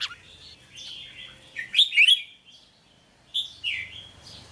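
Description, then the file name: Red-whiskered bulbul song: a sharp note, then a bright warbled phrase near two seconds and another shorter phrase later, with quieter chirps between. Song of the 'hót chè' style. "Tieng chao mao hot che"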